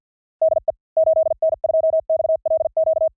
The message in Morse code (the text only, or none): DE 8N2XLQ